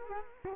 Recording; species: mosquito wingbeat signal from an infrared sensor; Culex quinquefasciatus